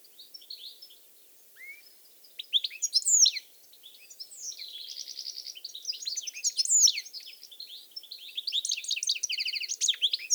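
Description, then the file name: European goldfinch song, faint twitter and a slurred note, then long runs of tinkling twitter and quick buzzy trills. "Carduelis carduelis"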